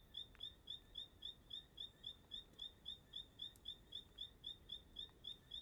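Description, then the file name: Bird singing a rapid, regular series of thin high chirps, nearly four per second and very uniform, resembling a cricket, with soft ambient noise beneath. Bird singing like a cricket at dusk in Chapada dos Veadeiros park. "Entardecer no Parque da Chapada dos Veadeiros com passaro cantando como um grilo"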